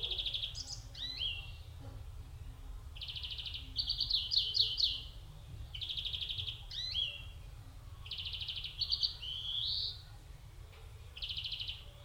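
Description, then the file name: European greenfinch: rapid buzzy trills near mid-high pitch mixed with short twittering notes and a rising nasal wheeze, repeated throughout over a steady low rumble. "Chloris chloris"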